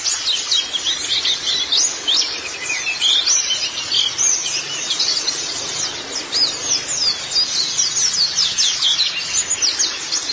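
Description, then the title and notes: White-eye song of sharp, high squeaky notes and quick whistles, delivered nonstop in a lively, crowded jumble. Chirping song. "Kicauan Burung Pleci Durasi Panjang. Suara kicauan burung pleci"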